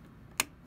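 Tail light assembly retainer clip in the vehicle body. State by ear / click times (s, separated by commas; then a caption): released / 0.4 s. A plastic retainer clip on the tail light assembly of a 2012 Chrysler Town & Country minivan is worked loose during removal and pops open with a single sharp, bright click at 0.4 s over a quiet background. The clip is released, but the lamp still won't come out.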